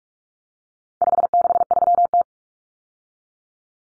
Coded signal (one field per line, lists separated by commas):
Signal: Morse code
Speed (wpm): 44 wpm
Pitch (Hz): 700 Hz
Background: none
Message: 563T